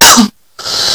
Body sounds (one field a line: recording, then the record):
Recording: coughing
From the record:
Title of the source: November cold (wet coughing)